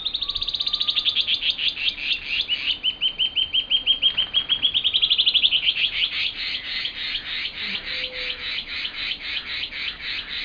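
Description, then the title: Band-tailed antbird song: rapid high notes that drop into a steady stretch, rise again, then continue as a long series of harsher repeated notes. "LuckyPassaro Completos2Sama. Band-tailed Antbird (Hypocnemoides maculicauda)"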